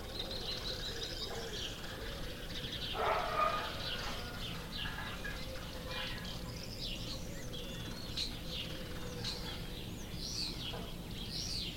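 Small birds, canary-like, trill and chirp in quick bright bursts that repeat through the whole stretch, busiest in the second half. A fuller, louder call rises briefly around the three-second mark. Under them runs a steady low hum and rumble.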